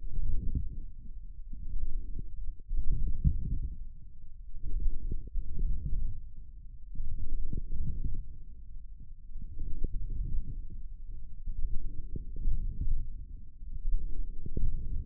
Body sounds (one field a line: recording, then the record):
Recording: forearm muscle sounds (acoustic myography)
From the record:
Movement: forearm pronation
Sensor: system 1, eight BSWA MPA416 microphones around the upper forearm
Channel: 8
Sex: male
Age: 28 years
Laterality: right